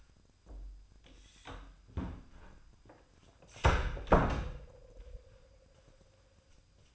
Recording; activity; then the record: daily activity, microphone in the room; close door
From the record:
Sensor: 2